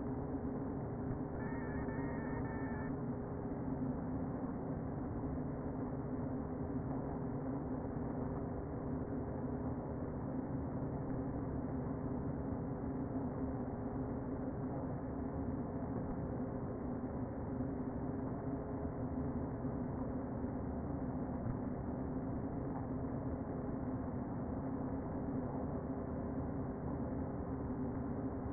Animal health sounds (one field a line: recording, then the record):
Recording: honeybee colony, microphone inside the hive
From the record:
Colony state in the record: queen present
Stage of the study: before two queens were removed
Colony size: about 60,000 bees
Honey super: yes